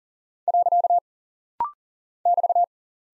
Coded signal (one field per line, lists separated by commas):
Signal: Morse code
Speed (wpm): 39 wpm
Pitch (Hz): 700 Hz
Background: none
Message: . <BT>